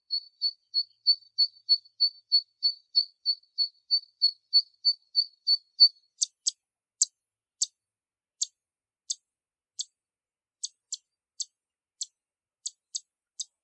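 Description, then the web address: Zitting cisticola giving a fast even series of thin high notes for six seconds, then sharper, spaced clicking notes at slower, irregular intervals, in a quiet setting. "sekka"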